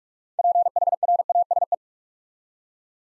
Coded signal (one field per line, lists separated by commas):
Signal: Morse code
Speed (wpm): 44 wpm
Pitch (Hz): 700 Hz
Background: none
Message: PHRASE